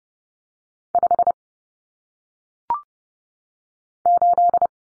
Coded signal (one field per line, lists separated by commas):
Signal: Morse code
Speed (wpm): 30 wpm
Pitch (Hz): 700 Hz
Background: none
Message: 5 8